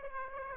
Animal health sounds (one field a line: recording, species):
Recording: mosquito wingbeat signal from an infrared sensor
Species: Aedes aegypti